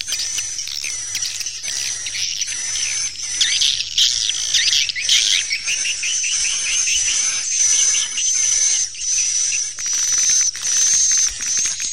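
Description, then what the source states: Swiftlets twittering, high thin chirps and trills tumbling over one another, with a steady high whistle-like tone running through most. Swiftlet sound used for swiftlet farming in Asia.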